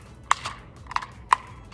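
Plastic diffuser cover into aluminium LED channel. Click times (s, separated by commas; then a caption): 0.3 s, 1.3 s. A milky plastic diffuser cover is pushed down into an aluminium LED channel. Sharp clicks at 0.3 s and 1.3 s mark it clicking into place, with smaller snaps around 0.5 s, 1.0 s and 1.8 s. The cover is seated in the channel.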